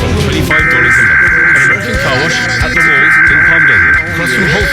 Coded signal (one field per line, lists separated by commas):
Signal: Emergency Alert System (SAME) tones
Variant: header bursts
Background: speech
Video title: Pacific IPAWS Required Weekly Test (EAS #699-702) 7/31/23